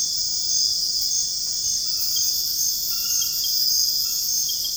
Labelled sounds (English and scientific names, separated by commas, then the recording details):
none
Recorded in dense forest near Puerto Asís, Putumayo, Colombia, on 20 February 2024 at 04:30
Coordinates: 0.485, -76.325
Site G6429